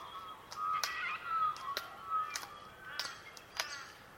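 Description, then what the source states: Glossy black cockatoo giving soft, wavering whistled calls at a steady pitch, mixed with sharp scattered clicks and snaps. Soundscape of melodic glossy black cockatoo calls.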